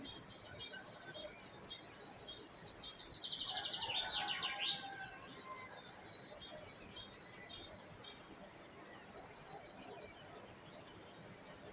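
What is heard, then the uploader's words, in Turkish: Birds chirp and sing over a steady hiss of outdoor noise. Short, bright, repeated tweets come in quick rows, busiest in the first five seconds, with a louder, fluttering burst of song around four seconds. Later the calls thin out and grow quieter. Kuş Sesleri.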